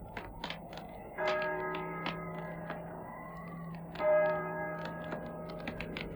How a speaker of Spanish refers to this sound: y el triste y monótono doblar de las campanas.